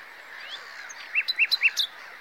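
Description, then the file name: Common nightingale song phrase: several short, rounded whistled notes in quick succession, with faint high chirps above and steady hiss. "Luscinia megarhynchos"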